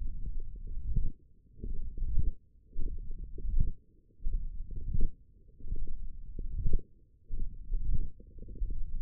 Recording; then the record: forearm muscle sounds (acoustic myography)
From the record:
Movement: finger pinch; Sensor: system 1, eight BSWA MPA416 microphones around the upper forearm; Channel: 5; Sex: female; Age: 22 years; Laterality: right